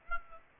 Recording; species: mosquito wingbeat signal from an infrared sensor; Aedes aegypti